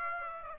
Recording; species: mosquito wingbeat signal from an infrared sensor; Aedes aegypti